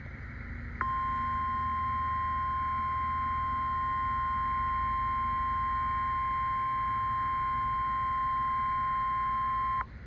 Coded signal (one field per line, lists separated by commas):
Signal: Emergency Alert System (SAME) tones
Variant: 1050 Hz attention tone